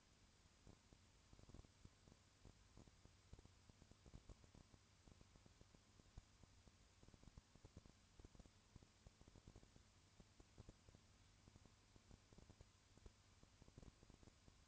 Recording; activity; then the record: daily activity, microphone in the room; no activity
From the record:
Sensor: 2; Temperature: 20.3 degrees Celsius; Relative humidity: 35.5%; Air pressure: 1000.9 hPa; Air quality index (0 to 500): 196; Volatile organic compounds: 5 ppm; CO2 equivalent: 1728 ppm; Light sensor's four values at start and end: 2/3/2/2 and 2/3/2/2